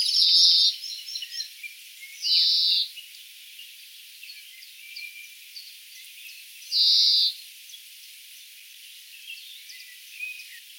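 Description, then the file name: European greenfinch calls: three long, buzzy, wheezing notes, each about half a second, spaced a few seconds apart over a steady hiss and faint chirps. "Chloris chloris"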